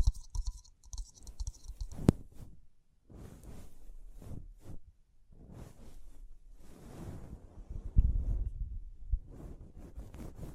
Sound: Tapping, Scratching, Brushing, Crinkles